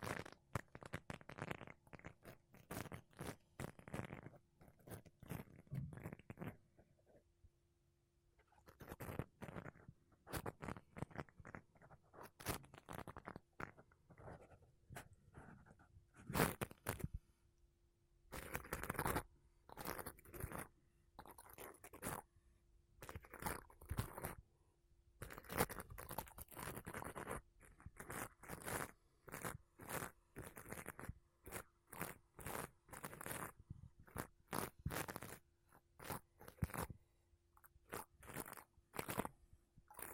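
Makeup brushes and a sponge rub and sweep across a microphone in dense bursts of scratchy, crunchy friction, with short strokes following one another irregularly. A brief quiet gap comes near eight seconds, and a faint steady low hum runs underneath throughout.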